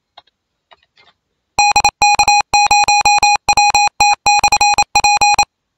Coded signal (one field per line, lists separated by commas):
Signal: Morse code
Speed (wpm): 28 wpm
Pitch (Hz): 820 Hz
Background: none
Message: DK0WT/P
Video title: RUFZ 2022 R4SBD